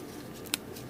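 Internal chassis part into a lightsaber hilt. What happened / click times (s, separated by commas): The internal part snapped into place / 0.5 s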